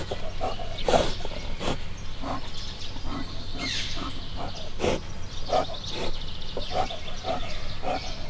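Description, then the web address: Brown bear sniffing and snuffling, uneven bursts of short, hissy exhalations spaced irregularly, with a low constant drone underneath. Captive brown bear in a zoo in Miskolc, 2018, heard from above while breathing and snuffling. "miskolcizoo 2018 professzionalis barna medve"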